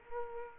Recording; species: mosquito wingbeat signal from an infrared sensor; Culex quinquefasciatus